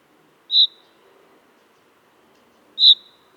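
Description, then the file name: Common chaffinch uttering two short, clipped high notes about two seconds apart, otherwise quiet. "Fringilla coelebs"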